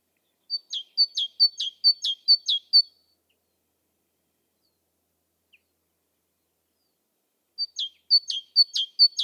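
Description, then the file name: Great tit song: a run of about six rhythmic high-low two-note phrases, a long pause, then the same see-saw strophe starts again. Quiet background. "Parus major"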